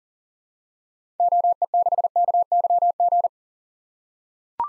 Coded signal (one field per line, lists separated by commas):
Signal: Morse code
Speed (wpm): 40 wpm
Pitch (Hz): 700 Hz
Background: none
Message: OE6KYG